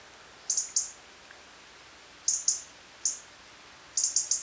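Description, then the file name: European robin giving short, thin, very high calls, singly and in quick runs of two or more, with pauses of about half a second to over a second between bursts; faint steady background hiss. "Erithacus rubecula"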